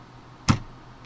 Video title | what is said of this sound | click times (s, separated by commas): How to Install a Modern Intel CPU Cooler with Push Pins | You'll hear a click | 0.5 s